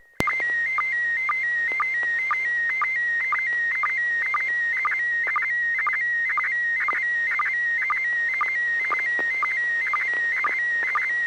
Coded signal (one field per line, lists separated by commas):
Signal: SSTV (slow-scan television)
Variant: PD 120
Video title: N6NA SSTV Net - 09/07/2022